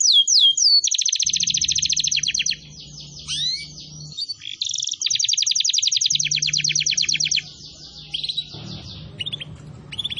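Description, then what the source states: Canary song of varied, fast trills, each a rapid run of high repeated notes, broken by a short pause and scattered chirps, with a faint low hum beneath. Canary song used as a lure to attract birds.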